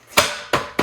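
A digital gauge cluster is smacked into its plastic dash mount on a Honda Navi motorcycle, giving a loud, sharp pop at 0.2 s as it seats. Two more sharp hits follow at about 0.5 s and 0.8 s. The cluster is confirmed in and secure.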